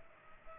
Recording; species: mosquito wingbeat signal from an infrared sensor; Culex pipiens